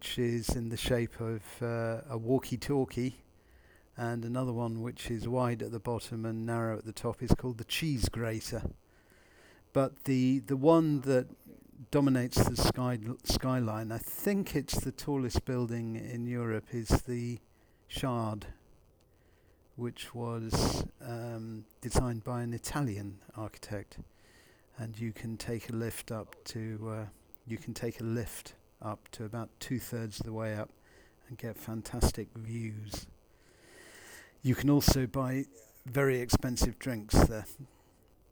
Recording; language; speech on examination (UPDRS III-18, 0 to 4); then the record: conversation on a phone call; English; 0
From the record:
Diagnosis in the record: Parkinson's disease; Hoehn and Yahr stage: 2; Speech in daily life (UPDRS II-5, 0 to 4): 0